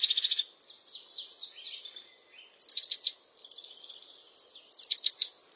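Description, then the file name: European crested tit song: very high, rapid pulsed bursts mixed with thin descending whistles, given in three bursts separated by softer notes. "Canto do chapim de crista"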